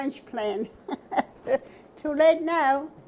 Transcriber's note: laughs